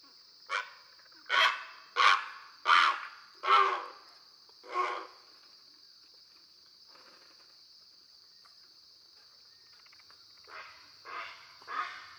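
Great Blue Heron sounds off in a run of six harsh, grating squawks, a pause, then three softer ones, all set against a constant high hum.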